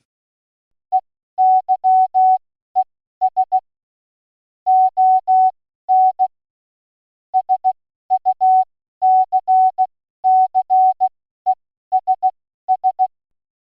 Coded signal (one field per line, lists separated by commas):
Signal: Morse code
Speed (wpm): 16 wpm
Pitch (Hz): 750 Hz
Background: none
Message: EYES ON SUCCESS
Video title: 2528 Amateur Radio Then and Now (Jul. 9, 2025)